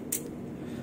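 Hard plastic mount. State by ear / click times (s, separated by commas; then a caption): seated / 0.1 s. A magnetic quick-release holder on a Kawasaki Z1000 R is brought to its motorcycle mount base and snaps on with a sharp, bright clack at 0.1 s over a steady low background rumble. The holder seats and holds to the base by its magnet.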